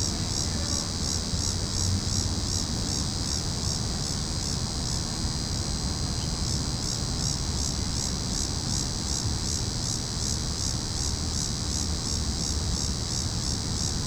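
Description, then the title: Cicada chorus: continuous high, throbbing buzz with regular rapid pulses and a constant low rumble beneath. Cicadas calling in a tree. "neoscenes: cicadas in tree"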